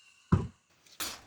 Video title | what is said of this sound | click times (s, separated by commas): 2 hours ➜ $150, Quick and Easy 2x4 build | it clicks in so nice. A really, truly satisfying click in place. | 0.3 s